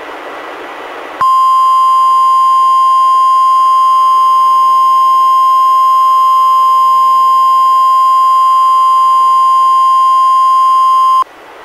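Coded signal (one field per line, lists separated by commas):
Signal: Emergency Alert System (SAME) tones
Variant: 1050 Hz attention tone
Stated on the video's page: NWS Required Weekly Test relayed by NOAA Weather Radio station KEC91, received on a Reecom R-1630 weather radio, audio recorded directly from the radio via USB.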